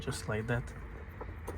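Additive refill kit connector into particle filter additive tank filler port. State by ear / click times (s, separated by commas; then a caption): seated / 1.2 s, 1.5 s. Someone talks as the plastic connector of a PAT/Eolys additive refill kit is pushed into the filler port of the particle-filter additive tank on a Peugeot 308, whose additive level is too low. Two short clicks are heard at 1.2 s and 1.5 s as the connector clicks in and seats.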